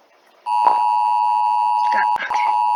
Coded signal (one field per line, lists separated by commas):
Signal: Emergency Alert System (SAME) tones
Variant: 853 and 960 Hz attention tone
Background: speech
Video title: Reacting To EAS Scenarios By HRW 200